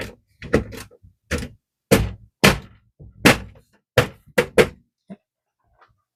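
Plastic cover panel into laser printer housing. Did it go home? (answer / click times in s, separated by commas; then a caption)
yes / 2.4 s, 3.3 s, 4.0 s, 4.4 s. A plastic side cover panel is pressed back onto the housing of a Canon imageCLASS MF4770n laser printer, with a series of sharp plastic thunks and knocks as it is pushed into place. Its clips snap in one after another at 2.5, 3.3, 4.0 and 4.4 seconds, and the panel ends up seated.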